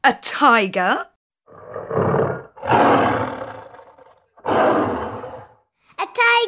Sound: fx: tiger